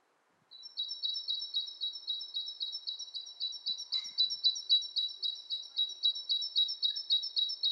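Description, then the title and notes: Bird calling in one long, unbroken run of fast, evenly repeated high notes, like a steady rattle, continuing for about seven seconds. Two birds interacting; lo-fi recording. "bird dialogs. lo-fi recording of two birds interacting"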